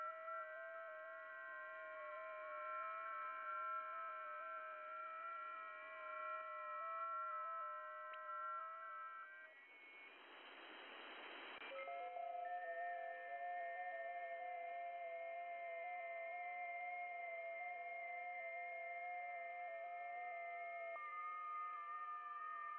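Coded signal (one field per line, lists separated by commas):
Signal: FT8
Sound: several faint steady warbling tones at once, stepping slowly in pitch, with a brief hiss burst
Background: radio static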